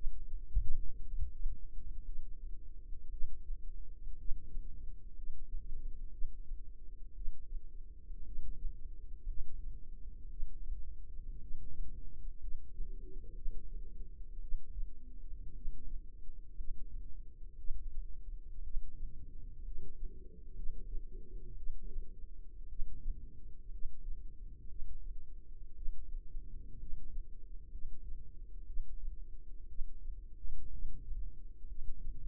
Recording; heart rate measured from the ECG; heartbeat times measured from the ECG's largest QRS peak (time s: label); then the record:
heart sounds by microphone in the left ear; 59 bpm
1.03 s: heartbeat
2.03 s: heartbeat
3.09 s: heartbeat
4.16 s: heartbeat
5.14 s: heartbeat
6.10 s: heartbeat
7.13 s: heartbeat
8.24 s: heartbeat
9.25 s: heartbeat
10.28 s: heartbeat
11.39 s: heartbeat
12.39 s: heartbeat
13.33 s: heartbeat
14.40 s: heartbeat
15.53 s: heartbeat
16.55 s: heartbeat
17.56 s: heartbeat
18.62 s: heartbeat
19.63 s: heartbeat
20.54 s: heartbeat
21.55 s: heartbeat
22.67 s: heartbeat
23.69 s: heartbeat
24.67 s: heartbeat
25.74 s: heartbeat
26.78 s: heartbeat
27.70 s: heartbeat
28.65 s: heartbeat
29.67 s: heartbeat
30.70 s: heartbeat
31.66 s: heartbeat
From the record:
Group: healthy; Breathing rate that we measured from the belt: 16 breaths a minute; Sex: female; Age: 36 years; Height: 163 cm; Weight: 88 kg